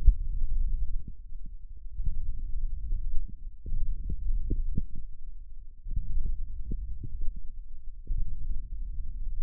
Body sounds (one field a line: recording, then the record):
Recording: forearm muscle sounds (acoustic myography)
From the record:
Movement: hook grip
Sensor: system 1, eight BSWA MPA416 microphones around the upper forearm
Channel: 8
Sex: male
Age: 18 years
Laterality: right